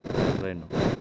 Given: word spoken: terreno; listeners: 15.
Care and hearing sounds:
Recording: one Spanish word in noise, from a listening test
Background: noise modulated by one talker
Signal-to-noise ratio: -7.4 dB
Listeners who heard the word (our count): 2 of 15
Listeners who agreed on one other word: 9 of 15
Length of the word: 0.61 s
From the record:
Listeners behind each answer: 9, 3, 2, 1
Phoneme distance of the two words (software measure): 14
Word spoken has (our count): 3 syllables, 6 phonemes, stress on syllable 2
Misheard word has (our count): 2 syllables, 4 phonemes, stress on syllable 1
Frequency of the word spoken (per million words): 85.84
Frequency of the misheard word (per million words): 1.86

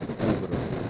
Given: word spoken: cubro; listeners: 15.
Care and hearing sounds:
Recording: one Spanish word in noise, from a listening test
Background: noise modulated by three-talker babble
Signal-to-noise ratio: -4.4 dB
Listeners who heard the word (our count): 4 of 15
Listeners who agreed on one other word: 11 of 15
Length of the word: 0.50 s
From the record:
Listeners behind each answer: 11, 4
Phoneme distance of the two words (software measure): 20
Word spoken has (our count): 2 syllables, 5 phonemes, stress on syllable 1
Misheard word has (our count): 2 syllables, 5 phonemes, stress on syllable 1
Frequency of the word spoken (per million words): 0.22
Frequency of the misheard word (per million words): 216.67

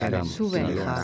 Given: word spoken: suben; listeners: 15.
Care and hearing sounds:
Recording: one Spanish word in noise, from a listening test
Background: four-talker babble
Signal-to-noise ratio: 0.0 dB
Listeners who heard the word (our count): 4 of 15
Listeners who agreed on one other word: 8 of 15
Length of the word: 0.64 s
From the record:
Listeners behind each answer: 8, 4, 3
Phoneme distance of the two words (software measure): 7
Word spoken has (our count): 2 syllables, 5 phonemes, stress on syllable 1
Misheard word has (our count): 2 syllables, 4 phonemes, stress on syllable 1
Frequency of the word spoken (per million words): 7.42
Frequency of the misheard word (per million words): 20.92

